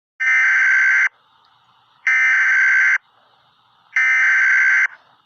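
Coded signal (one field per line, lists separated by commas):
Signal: Emergency Alert System (SAME) tones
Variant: header bursts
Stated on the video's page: Fictional hurricane watch alert.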